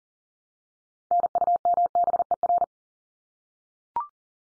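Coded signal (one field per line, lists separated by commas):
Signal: Morse code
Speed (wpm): 40 wpm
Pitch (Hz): 700 Hz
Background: none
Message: NUMBER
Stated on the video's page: Morse head-copy drill of the 100 most common English words at 40 wpm, each sent three times, then spoken, then sent again.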